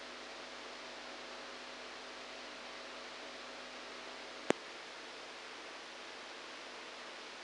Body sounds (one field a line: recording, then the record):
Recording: brain microelectrode recording played as sound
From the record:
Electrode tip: outside the subthalamic nucleus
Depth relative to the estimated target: 0 mm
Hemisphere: right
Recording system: NeuroSet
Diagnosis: Parkinson's disease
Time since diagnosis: 7 years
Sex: male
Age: 69 years